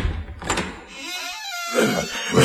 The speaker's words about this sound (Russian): Внезапно двери распахнулись, и на пороге показались королевские бульдоги.